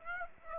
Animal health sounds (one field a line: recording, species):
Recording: mosquito wingbeat signal from an infrared sensor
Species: Aedes aegypti